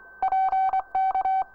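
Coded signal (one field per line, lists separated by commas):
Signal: Morse code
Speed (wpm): 24 wpm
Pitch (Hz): 760 Hz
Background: none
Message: PK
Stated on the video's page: Professional coast station operators sending close-down messages on 500 kHz in the United Kingdom, answered by nearby and distant coast stations, including a transatlantic contact.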